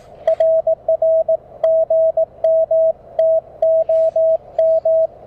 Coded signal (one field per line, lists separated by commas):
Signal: Morse code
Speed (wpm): 20 wpm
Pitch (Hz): 590 Hz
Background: radio noise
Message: RR GM TOM